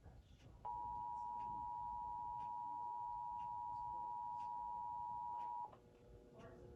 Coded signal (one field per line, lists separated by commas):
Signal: Emergency Alert System (SAME) tones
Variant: 853 and 960 Hz attention tone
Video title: EAS 1821: Local Area Emergency for Baldwin AL